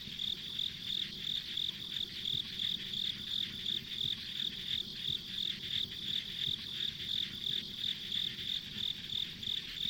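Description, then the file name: Insect chirps repeat in a regular high-pitched pulse train throughout, layered over a constant shrill hiss and a soft low rumble. Ambient insect sounds on a rural country road. "田舎道の虫の環境音"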